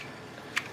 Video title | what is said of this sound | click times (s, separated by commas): How to diagnose a misfire on a 4L Audi Q7 with a 3.0T TFSI V6 Supercharged Engine (Part 1) | you can hear it snap in | 0.6 s